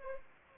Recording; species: mosquito wingbeat signal from an infrared sensor; Anopheles arabiensis